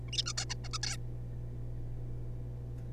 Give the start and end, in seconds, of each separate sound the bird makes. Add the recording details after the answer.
0.06-0.08, 0.08-0.11, 0.13-0.24, 0.26-0.33, 0.38-0.45, 0.50-0.55, 0.64-0.68, 0.73-0.78, 0.83-0.97. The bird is a juvenile. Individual R3549